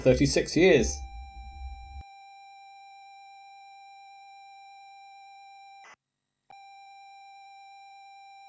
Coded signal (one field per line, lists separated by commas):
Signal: ZX Spectrum tape loading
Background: speech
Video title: I Wrote This ZX Spectrum Game in 1988 - Will it Load?